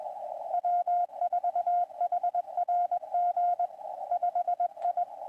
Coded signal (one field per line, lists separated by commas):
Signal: Morse code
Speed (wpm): 21 wpm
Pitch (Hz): 710 Hz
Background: radio noise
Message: W4HRG 5I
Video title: KI5WWT Winter Field Day 2025 - Live Stream Day 2